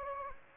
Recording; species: mosquito wingbeat signal from an infrared sensor; Anopheles gambiae